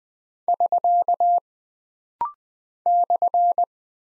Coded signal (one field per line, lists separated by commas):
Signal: Morse code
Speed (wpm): 20 wpm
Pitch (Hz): 700 Hz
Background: none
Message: <SK> /